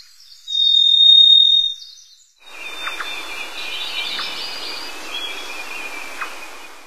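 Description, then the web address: Varied thrush song: a single long, steady, buzzy whistled note held for about a second and a half, then a soft hissy background with faint chirps. Recorded in North America. "Songs of Birds of North America Stokes. Varied Thrush"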